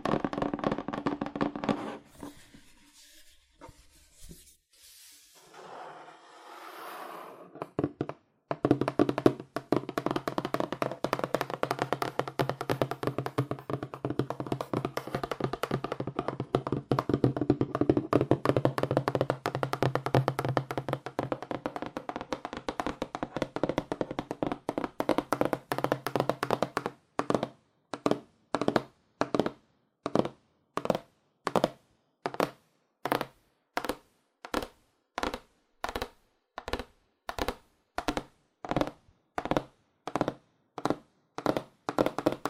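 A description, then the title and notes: Fast, aggressive tapping on cardboard, dry. After a quieter, sparse opening, a dense blur of rapid hollow taps runs from about 8 to 27 seconds, then gives way to slower, evenly spaced single knocks, roughly two per second, until the end. Fast Aggressive Cardboard Tapping (No Talking). ASMR Fast Aggressive Cardboard Tapping.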